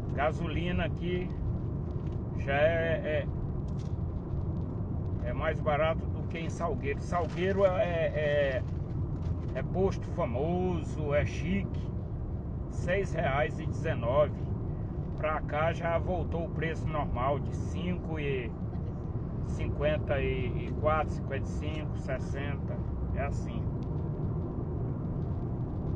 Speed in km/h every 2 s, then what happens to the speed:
74, 74, 72, 71, 73, 75, 76, 77, 79, 77, 77, 83, 88.
0-20 steady at about 75. 20-26 speeds up to 88.